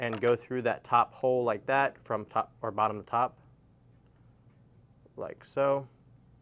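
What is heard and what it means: A man talks while threading a plastic or metal bobbin through its top hole and handling it at the bobbin winder spindle of a JUKI TL mechanical sewing machine, with brief quiet handling sounds between his words. Nothing has clicked or seated onto the spindle yet.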